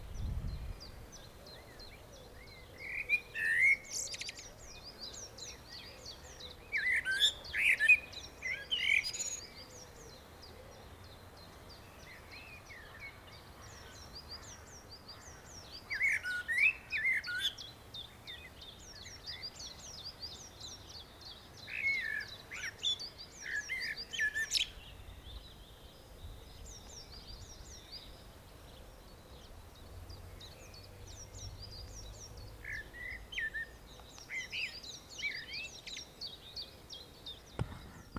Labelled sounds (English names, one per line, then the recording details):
Common Blackbird
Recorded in the wild
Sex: male
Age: adult
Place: Friedhof Niederschönhausen III, Berlin, DE
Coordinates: 52.5706, 13.3875
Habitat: city cemetery
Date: 1987-04-18 13:28
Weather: sunny, 10°C
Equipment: Nagra SN, Kopie Tesla B 116
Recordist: Tembrock, Günter